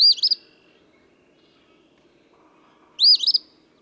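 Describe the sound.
Eastern phoebe giving two quick, scratchy phrases about three seconds apart, the rest nearly silent.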